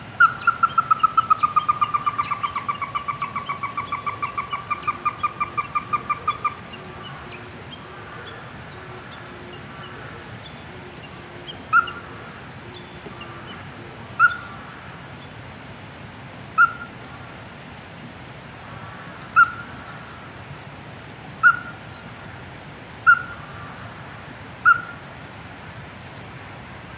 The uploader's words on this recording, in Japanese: こえとおと----緋水鶏 by ototamari。